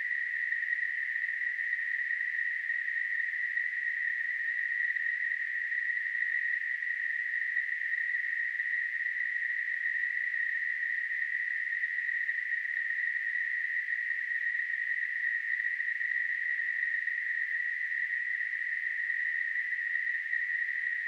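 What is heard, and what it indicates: A simulated tinnitus sound: a steady, continuous narrowband hiss centered near 2 kHz, unchanging in pitch and loudness throughout.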